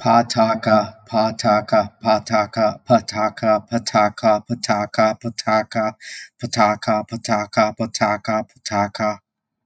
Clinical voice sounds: repeated syllables /pa ta ka/; male; 40 to 49 years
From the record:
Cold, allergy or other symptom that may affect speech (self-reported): no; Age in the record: 42 years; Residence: California, United States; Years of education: 17

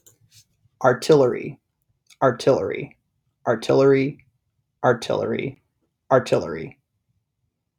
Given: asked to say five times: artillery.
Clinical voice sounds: repeated word; male; 30 to 39 years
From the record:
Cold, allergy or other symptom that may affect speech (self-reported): no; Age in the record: 31 years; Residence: South Carolina, United States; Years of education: 21

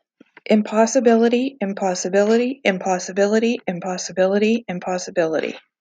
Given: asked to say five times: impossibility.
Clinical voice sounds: repeated word; female; 30 to 39 years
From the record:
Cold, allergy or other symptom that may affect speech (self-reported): no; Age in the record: 35 years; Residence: Pennsylvania, United States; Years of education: 16

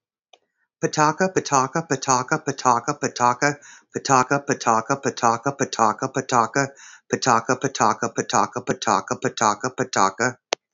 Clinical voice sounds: repeated syllables /pa ta ka/; female; 50 to 59 years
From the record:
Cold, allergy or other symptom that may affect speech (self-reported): no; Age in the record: 53 years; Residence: Arizona, United States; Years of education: 12

